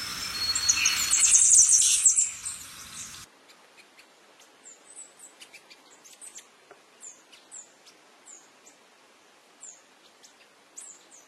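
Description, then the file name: Brassy-breasted tanager uttering faint, very high, downslurred tsip notes in loose series, after a loud rushing burst of noise at the start. "canto da saira lagarta"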